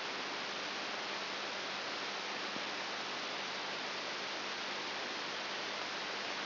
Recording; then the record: brain microelectrode recording played as sound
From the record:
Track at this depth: inside the subthalamic nucleus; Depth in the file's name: 5.9 mm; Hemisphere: right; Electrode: 3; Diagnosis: Parkinson's disease